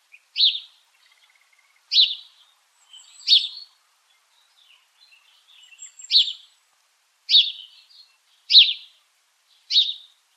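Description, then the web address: House sparrow calls: sharp chirps given singly about every one to three seconds, seven in all, with faint softer twitters between. "домовый-воробей"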